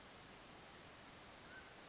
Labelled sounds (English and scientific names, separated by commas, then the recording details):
Mountain Quail (Oreortyx pictus)
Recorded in Sonoma County, California